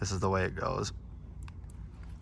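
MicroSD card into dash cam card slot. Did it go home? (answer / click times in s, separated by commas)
yes / 1.4 s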